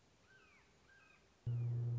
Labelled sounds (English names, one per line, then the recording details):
Red-shouldered Hawk
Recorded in Sonoma County, California